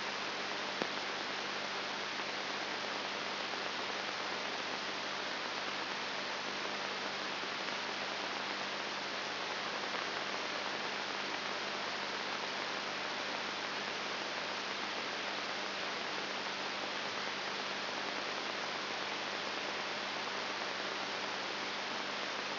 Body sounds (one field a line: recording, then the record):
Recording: brain microelectrode recording played as sound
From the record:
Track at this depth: inside the subthalamic nucleus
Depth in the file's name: 5.101 mm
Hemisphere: left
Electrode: 3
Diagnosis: Parkinson's disease